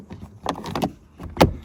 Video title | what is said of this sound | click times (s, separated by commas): Hyundai Tucson Driver Side Master Window Switch Replacement (2016–2018) | Yeah, it just locks in place like that. | 0.5 s